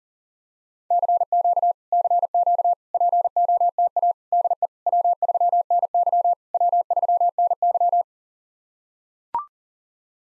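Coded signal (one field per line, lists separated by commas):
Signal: Morse code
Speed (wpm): 37 wpm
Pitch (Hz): 700 Hz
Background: none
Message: CQ CQ POTA DE W3NY W3NY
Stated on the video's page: POTA exchange practice drill in Morse at 40 wpm, each exchange sent, spoken, then sent again.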